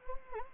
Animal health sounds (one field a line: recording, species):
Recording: mosquito wingbeat signal from an infrared sensor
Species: Anopheles gambiae